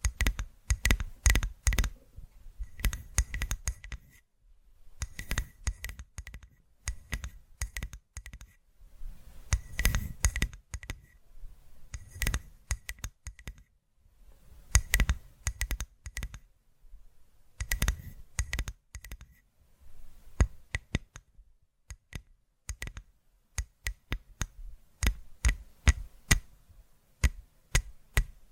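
Tapping for ASMR comes in quick bursts of sharp clicks and knocks, each burst lasting a couple of seconds before a short pause. The taps have a crisp, clicky edge like keys or scissors, with a soft low thump under many.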